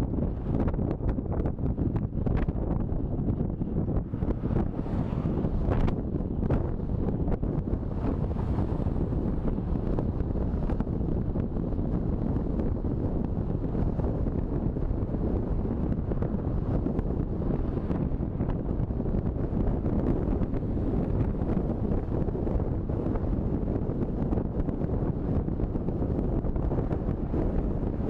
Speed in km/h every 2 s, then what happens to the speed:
43, 41, 40, 40, 40, 40, 42, 45, 47, 48, 47, 47, 46, 46.
0-10 steady at about 40. 10-18 speeds up to 48. 18-28 steady at about 47.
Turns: none.